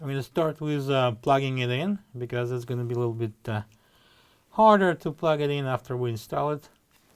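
A wire harness connector is handled for plugging into the shifter actuator of a Whirlpool/KitchenAid/Maytag washer with gear case W11454372, before the actuator is mounted because plugging it in afterward is harder. Someone talks throughout, with a brief quiet pause near the middle. Nothing has seated or clicked yet.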